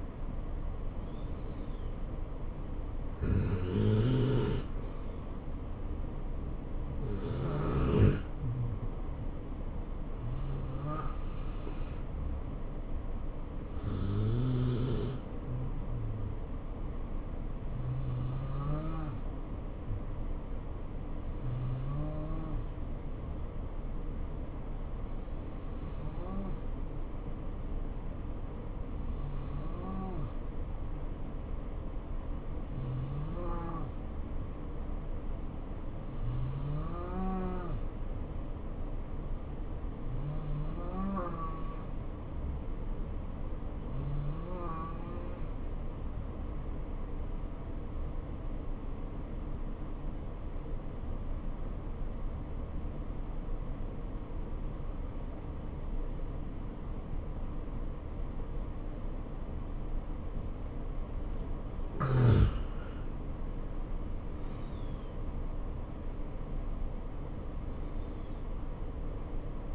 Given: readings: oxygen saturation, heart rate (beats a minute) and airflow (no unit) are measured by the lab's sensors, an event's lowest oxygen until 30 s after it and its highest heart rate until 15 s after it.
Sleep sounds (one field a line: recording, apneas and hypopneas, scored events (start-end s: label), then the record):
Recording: breathing in sleep by a smartphone at the bedside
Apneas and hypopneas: 1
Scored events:
16.00-62.10 s: hypopnea (N2, oxygen 96% highest, then 88% lowest, heart rate 69 at the start, 74 highest)
59.00-69.75 s: new sleep stage, N1 (lightest sleep)
From the record:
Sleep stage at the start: N2 (light sleep)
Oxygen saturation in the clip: 89 to 96%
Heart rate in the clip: 62 to 74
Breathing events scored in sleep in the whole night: 277 in 7.4 hours asleep